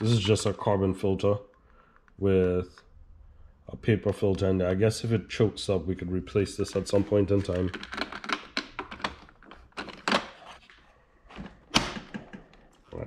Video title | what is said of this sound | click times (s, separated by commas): Disassembling and Cleaning a Hoover Vacuum Cleaner | Clicks in place | 11.8 s